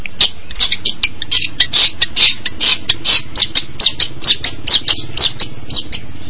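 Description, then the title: Long-tailed shrike song: rapid high chips repeated about twice a second, sharp and clipped, running steadily through the whole stretch. Combination song (kombinasi) style. "Cendet Kombinasi"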